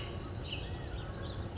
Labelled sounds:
California Quail
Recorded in Sonoma County, California

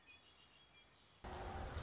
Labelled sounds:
Red-winged Blackbird
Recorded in Sonoma County, California

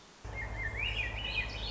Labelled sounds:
Swainson's Thrush
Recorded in Sonoma County, California

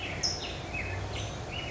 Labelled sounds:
California Towhee
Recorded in Sonoma County, California

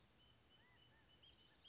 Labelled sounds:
California Quail
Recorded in Sonoma County, California

